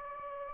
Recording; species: mosquito wingbeat signal from an infrared sensor; Anopheles gambiae